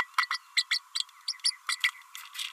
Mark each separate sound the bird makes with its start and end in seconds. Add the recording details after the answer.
0.18-0.28, 0.30-0.38, 0.56-0.64, 0.70-0.79, 0.95-0.99, 1.44-1.51, 1.69-1.76, 1.83-1.91. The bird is a female. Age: 30 days. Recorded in a nest box in Venezuela. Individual 17B32A5